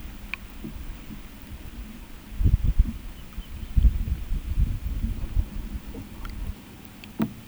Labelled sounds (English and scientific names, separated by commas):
none